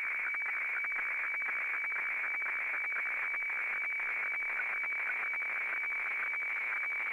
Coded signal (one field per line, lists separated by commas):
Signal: weather fax (radiofax)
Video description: Reception of an Australian Bureau of Meteorology broadcast of a weather FAX of high seas for Australian coastal areas from the VMW transmitter at Wiluna in Western Australia.